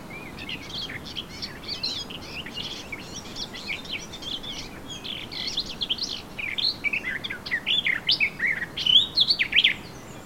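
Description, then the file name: Eurasian blackcap song: a continuous twittering warble that grows louder, closing with several clear, ringing whistled notes. "Sylvia atricapilla"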